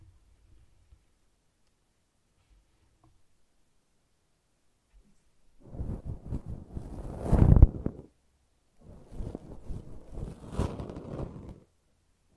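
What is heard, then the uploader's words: Brushing and scratching sounds arrive in two dense bursts after a near-silent first half: one from about six to eight seconds, growing louder toward its end, and another from nine to nearly twelve seconds. The strokes are quick and rough, with only faint scattered clicks beforehand. ASMR Brushing and Scratching You to Sleep (No Talking).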